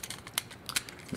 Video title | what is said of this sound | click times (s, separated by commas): Takara Tomy DA-01 Dia-Battles V2 - Video Review | backpack on here and it'll lock into place | 0.4 s